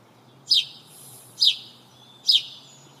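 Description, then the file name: House sparrow calls: three sharp, high, downward-sweeping chirps spaced about a second apart over a quiet background with a faint low hum. "Passer domesticus"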